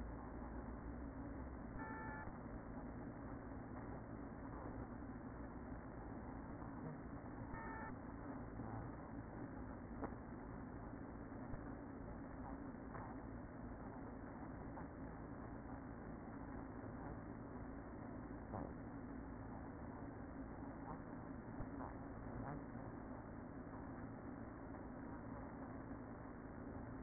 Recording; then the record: honeybee colony, microphone inside the hive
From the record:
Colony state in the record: queen present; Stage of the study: after two queens were removed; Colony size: about 60,000 bees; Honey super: yes